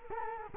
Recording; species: mosquito wingbeat signal from an infrared sensor; Culex quinquefasciatus